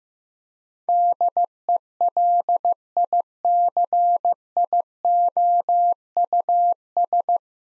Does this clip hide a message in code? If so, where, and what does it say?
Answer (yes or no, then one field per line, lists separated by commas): yes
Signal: Morse code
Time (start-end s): 0.9-7.4 s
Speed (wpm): 15 wpm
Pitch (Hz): 700 Hz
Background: none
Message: DELICIOUS